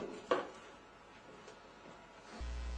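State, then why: Seated. The left tab of a new plastic push-to-start switch is hooked, and a flat screwdriver presses the right tab until the switch snaps into place in a Maytag dryer's control panel. A single sharp snap sounds at 0.3 s, followed by quiet and a low steady hum from about 2.4 s. The switch is seated.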